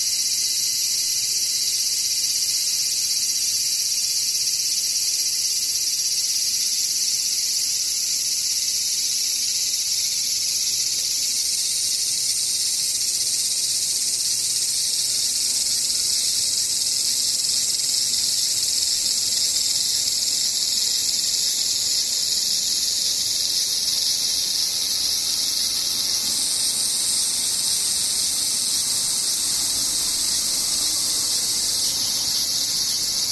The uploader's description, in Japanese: セミ